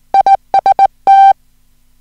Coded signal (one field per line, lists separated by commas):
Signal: Morse code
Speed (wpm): 17 wpm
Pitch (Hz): 780 Hz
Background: music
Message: IST